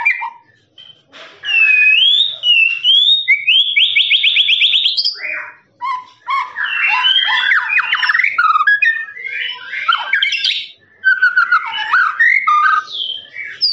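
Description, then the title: Lovebird song with a fast buzzy trill, harsh chatter and squeaky rising whistles, broken by a few short pauses. Long trilling "ngekek" song style, used as a master recording for training birds. "FULL DURASI MASTERAN LOVEBIRD NGEKEK PANJANG"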